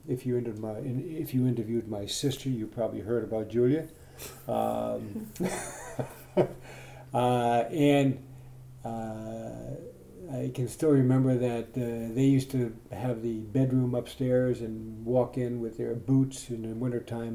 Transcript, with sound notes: If you interviewed, If you interviewed my sister you probably heard about Julia. [Laughter] And I can still remember that they used to have the bedroom upstairs and walk in with their boots in the wintertime.